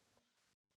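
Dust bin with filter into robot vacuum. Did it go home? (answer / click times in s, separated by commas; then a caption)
no / none. A washed and dried filter goes back into the plastic dust bin, which is then pressed toward the body of a white Ecovacs Deebot N30 Plus 2025 robot vacuum and mop. Broadband handling noise fills the first 0.55 s, then near-silence, and a brief faint rustle follows around 0.65–0.75 s. The bin has not locked into place yet, and nothing has clicked.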